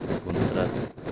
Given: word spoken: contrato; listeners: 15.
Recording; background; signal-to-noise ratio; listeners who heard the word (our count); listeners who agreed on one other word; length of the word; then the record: one Spanish word in noise, from a listening test; noise modulated by three-talker babble; -3.8 dB; 2 of 15; 10 of 15; 0.72 s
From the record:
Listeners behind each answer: 10, 2, 1, 1, 1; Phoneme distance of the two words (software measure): 31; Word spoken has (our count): 3 syllables, 8 phonemes, stress on syllable 2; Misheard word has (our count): 3 syllables, 9 phonemes, stress on syllable 3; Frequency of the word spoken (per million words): 59.35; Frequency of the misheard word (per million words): 105.96